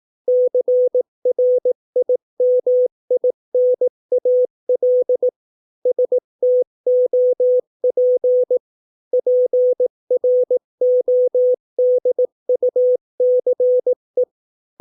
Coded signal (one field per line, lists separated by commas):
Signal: Morse code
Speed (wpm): 18 wpm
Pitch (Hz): 500 Hz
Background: none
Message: CRIMINAL STOP PRODUCE